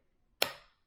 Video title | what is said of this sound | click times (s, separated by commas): Take a deep breath by cleaning your APAP or CPAP - Philips ResMed AirSense 11 | you can basically you can see how it goes here and once you push it in you'll hear a click | 0.4 s